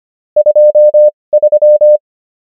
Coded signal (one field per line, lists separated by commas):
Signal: Morse code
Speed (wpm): 25 wpm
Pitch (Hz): 600 Hz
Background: none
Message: 23